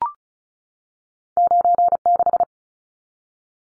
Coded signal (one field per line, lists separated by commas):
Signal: Morse code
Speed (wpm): 34 wpm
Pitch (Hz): 700 Hz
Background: none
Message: 96